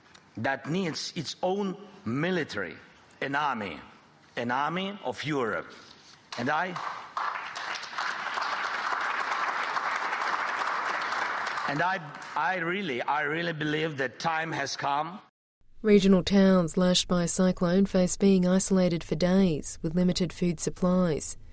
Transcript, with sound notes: that needs its own military. An army, an army of Europe (clapping) And I really believe the time has come." Regional towns lashed by a cyclone face being isolated for days with limited food supplies.